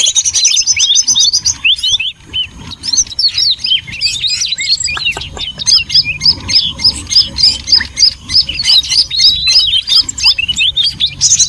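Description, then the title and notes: Birds twittering in a lively crowd, with rapid high chirps repeated several times a second and overlapping trills forming a constant, noisy chatter. Noisy bird chatter used for luring (pikat) birds. "Master Burung Ribut. Burung Ribut Pikat"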